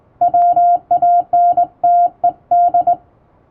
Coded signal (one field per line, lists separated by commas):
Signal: Morse code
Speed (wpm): 20 wpm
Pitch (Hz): 700 Hz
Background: music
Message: WANTED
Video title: 【手打ちモールス符号のトンツー教室】基本的な打ち方、正しい姿勢で縦振り電鍵で打ちました！綺麗な手打ちモールス符号で送信しよう！欧文電報練習帳を使用しています(morse code practice)